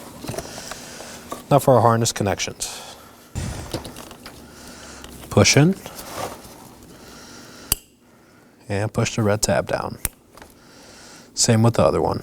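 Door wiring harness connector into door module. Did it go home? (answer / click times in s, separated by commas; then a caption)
yes / 7.7 s. A door wiring harness connector on a 2018–2024 Chevrolet Equinox is pushed into the door module while someone talks, and a sharp click at 7.7 s shows it has seated. The connector's red locking tab is then pushed down.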